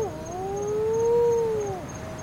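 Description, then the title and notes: Wedge-tailed shearwater giving a single mournful moan that rises slowly, peaks in loudness, then slides down and fades. Three wedge-tailed shearwaters, calling while said to be mourning the loss of their partners. "Wedge tailed shearwater tragedy. 3 wedge tailed shearwaters mourn the loss of their partners"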